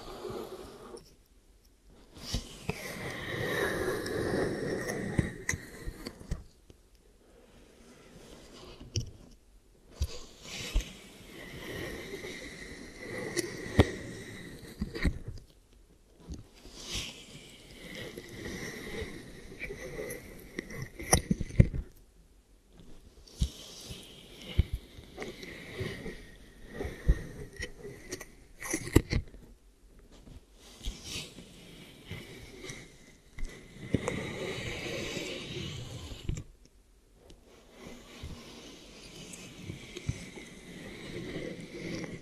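ASMR ear triggers: soft rustling and brushing sounds come in bursts of a few seconds, separated by brief near-silent pauses. Each burst has a hissy, slightly airy texture with a faint breathy tone, and sharp taps or clicks land around 21 and 29 seconds.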